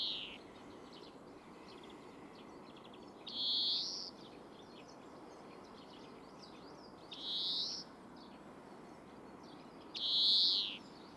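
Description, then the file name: European greenfinch giving long nasal wheezing buzzes, several spaced a few seconds apart, with faint twittering between them over constant background noise. "Chloris chloris"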